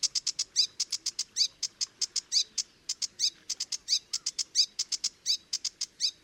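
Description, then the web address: Sedge warbler song, a rapid chatter of dry clicks mixed with short rising whistled notes, delivered in steady quick pulses throughout. "chant didier collin phragmite des joncs"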